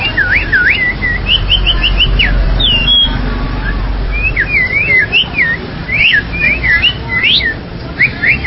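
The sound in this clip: Bali myna whistles, short sharp rising and falling notes given in bursts over a constant low rumble like traffic or machinery.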